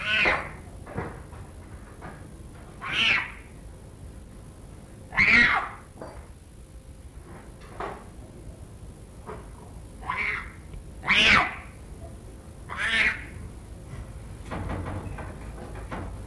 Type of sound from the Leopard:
call